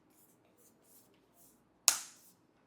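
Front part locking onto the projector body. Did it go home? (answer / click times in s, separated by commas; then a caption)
partly / 1.9 s. The front part of a BenQ GV30 portable projector is locked onto the projector body, giving one sharp, loud snap at 1.9 s over faint background noise. The lock only partly holds and does not grip firmly.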